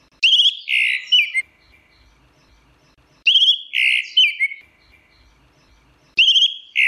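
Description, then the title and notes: Orange-headed thrush song: two similar rich, warbling phrases, each starting with a sharp note and ending abruptly, about three seconds apart, and a third phrase starting at the end. Singing in the ngeplong style; a master recording used for training birds. "Suara Burung Anis Merah Ngeplong. Masteran Anis Kembang"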